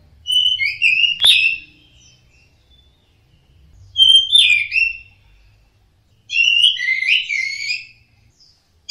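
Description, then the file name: Orange-headed thrush song in three bursts and the start of a fourth: clear whistles mixed with scratchy, twittering notes and a sharp click, with gaps between phrases and soft low background hum. Song in the ngeplong style. "anis merah ngeplong"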